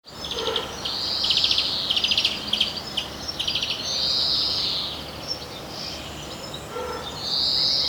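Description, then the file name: European greenfinch song with rattling trills followed by long nasal wheezing notes, repeated against constant background hiss. "Chloris chloris"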